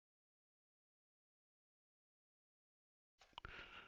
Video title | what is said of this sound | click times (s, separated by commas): Session 1 - Hardware Introduction and Visual Troubleshooting | slides all the way down snaps into place and then there is two Phillips head screws that will screw down to | 3.4 s